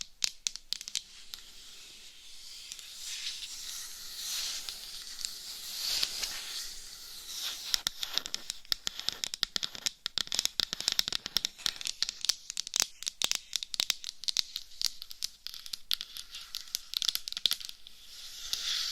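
Dry scratching with a bright, hissy texture runs throughout, thickening after about eight seconds into dense, rapid sharp taps and crackles.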